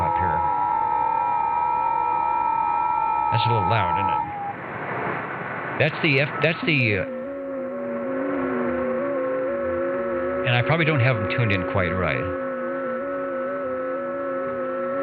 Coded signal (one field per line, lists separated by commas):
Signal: FT8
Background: speech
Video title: The Old Tube Radio Network LIVE August 21, 2021